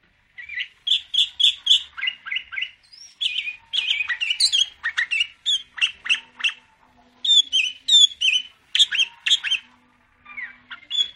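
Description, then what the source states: Sooty-headed bulbul song: lively bursts of squawky, chattering notes with a few clearer whistles, delivered in quick phrases separated by short pauses. Called kutilang locally; described as gacor, singing actively and persistently.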